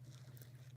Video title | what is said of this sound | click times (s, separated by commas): Knife Chats Live, March 2, 2025 | pops into place you got the nice long pull there uh | 0.4 s